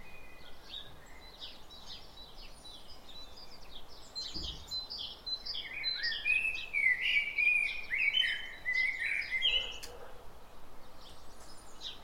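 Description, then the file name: Common blackbird song swelling in the second half into a long fluty, warbling phrase, after a stretch of thin high chirps. "Turdus merula"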